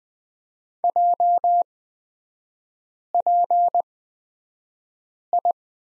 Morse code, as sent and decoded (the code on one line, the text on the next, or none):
.--- .--. ..
JPI